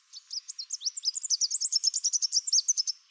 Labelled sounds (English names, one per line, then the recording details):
Chestnut-capped Warbler song
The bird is a male
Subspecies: delattrii
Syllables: 26
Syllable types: 19
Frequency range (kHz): 3.3-8.9 kHz
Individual CR-GOGS-M